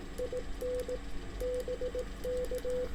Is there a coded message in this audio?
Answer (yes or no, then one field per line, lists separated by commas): yes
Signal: Morse code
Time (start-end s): 0.2-2.9 s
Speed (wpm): 18 wpm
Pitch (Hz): 500 Hz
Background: none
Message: IN BK